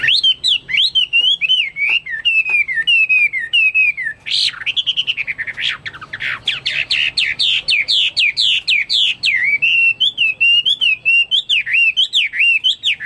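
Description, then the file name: Chinese hwamei song, continuous loud whistled phrases wavering up and down, with a rapid stuttering series of notes in the middle. "omkicau hwamei"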